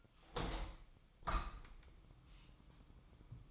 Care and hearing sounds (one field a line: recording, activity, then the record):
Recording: daily activity, microphone in the room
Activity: open window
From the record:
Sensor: 1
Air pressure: 1004.7 hPa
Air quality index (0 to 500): 115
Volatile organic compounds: 4 ppm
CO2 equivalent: 1587 ppm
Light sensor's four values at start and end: 8/20/8/8 and 8/21/8/9